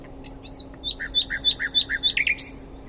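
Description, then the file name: Common nightingale song: an arched whistle followed by several rapidly repeated pairs of high and low notes, ending in a sharp high flourish; faint steady hum behind. "Luscinia megarhynchos"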